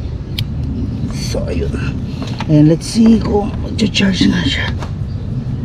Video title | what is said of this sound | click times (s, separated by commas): PORTABLE SOLAR PANEL 200W - Bluetti PV200 | Just So You Know nag-click na and The Other end Dito | 0.4 s